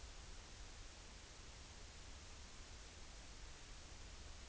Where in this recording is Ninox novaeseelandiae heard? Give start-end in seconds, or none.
none